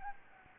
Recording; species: mosquito wingbeat signal from an infrared sensor; Anopheles gambiae